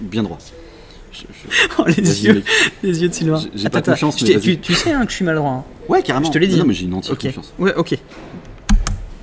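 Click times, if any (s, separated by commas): 8.7 s, 8.9 s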